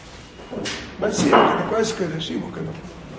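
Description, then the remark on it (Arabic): A door is swung shut during a lecture, with a dull, solid thud about a second in, followed by a brief rattle, while faint voices murmur in the background. “ممكن حد يفلين الباب بس يا اخواننا معلش.”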